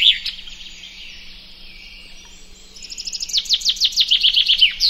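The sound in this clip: Common chaffinch song: a thin high opening and a long quieter trill, then a rapid series of loud notes descending in pitch, ending in a brief flourish. A faint low hum runs underneath.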